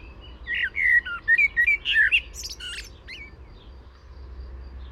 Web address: SETE data Turdus merula